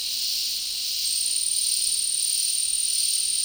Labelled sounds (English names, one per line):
none